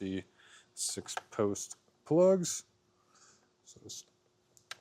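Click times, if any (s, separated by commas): 4.7 s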